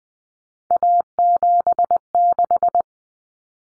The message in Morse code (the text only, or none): A76